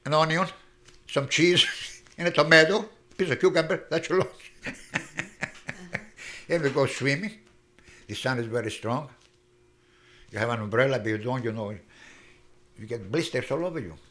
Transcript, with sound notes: an onion, some cheese and a tomato, a piece of cucumber. That's lunch. ( he laughs ) And we go swimming. The sun is very strong. You have an umbrella. If you don't, you know, you get blisters all over you.